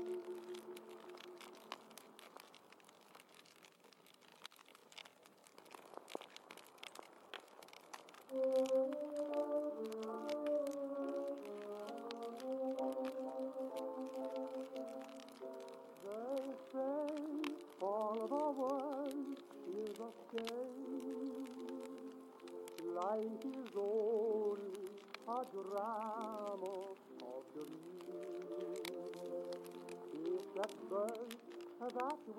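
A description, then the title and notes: Oldies music plays in another room, quiet for the first eight seconds, then swelling into a fuller, muffled song with a warbling vocal line. Fireplace crackles pop sharply and irregularly throughout, over a faint steady hiss of the blizzard. Oldies playing in another room and it's snowing (crackling fireplace & blizzard).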